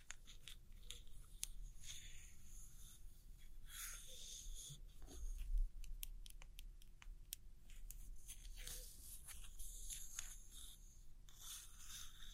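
Gentle scratchy tapping and tracing on old postcards, with soft brushing strokes swelling in bright patches around two, four, seven and eleven seconds. Quick light taps land irregularly throughout over a low steady hum, with a slightly louder bump near five and a half seconds.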